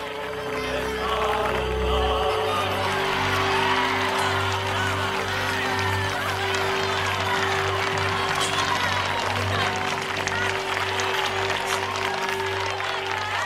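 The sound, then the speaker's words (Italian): A crowd in Wales claps in long, continuous applause with no break as Amelia steps ashore from a boat after the team's water landing, while a chorus of voices sings a folk song underneath the dense clatter of hands. “E nel momento in cui Amelia scende dalla barca che è andata a prenderli, tocca finalmente terra, scatta un lungo applauso e un canto popolare.”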